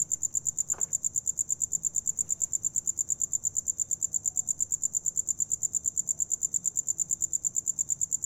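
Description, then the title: Cricket song: high, even chirps repeated rapidly without a break, and one brief knock near the start. Recorded inside an abandoned house in Carmen, Campeche, Mexico, using a TASCAM DR-100 mkII recorder and RODE NTG-2 shotgun microphone with deadcat. "Carmen, Camp., México - Grillo interior de casa abandonada"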